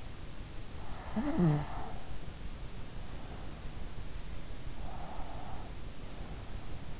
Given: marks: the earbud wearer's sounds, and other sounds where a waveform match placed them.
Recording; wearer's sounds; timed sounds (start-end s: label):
sounds in sleep by an in-ear microphone; snoring breath, breath
0.84-2.30 s: snoring breath
4.53-7.00 s: breath